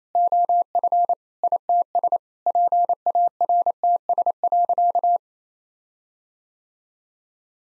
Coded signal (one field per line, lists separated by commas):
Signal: Morse code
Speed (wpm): 27 wpm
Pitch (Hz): 700 Hz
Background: none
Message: OF ITS PARTS.